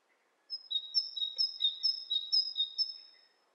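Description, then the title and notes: Bird calls, a fast run of many sharp high whistled notes, lasting under three seconds, over near silence. Two birds interacting; lo-fi recording. "bird dialogs. lo-fi recording of two birds interacting"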